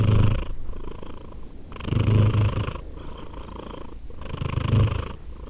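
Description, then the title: Cat purr, low throbbing rumble with three clear breath swells about every two seconds. Cat named Edith purring; Glasgow, Scotland; December 2023. "Edith purring, Glasgow, Scotland in December 2023 – by Steve Urquhart"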